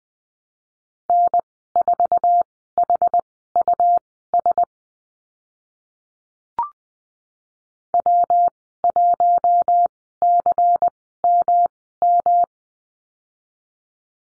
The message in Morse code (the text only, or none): N4HUS W1CMM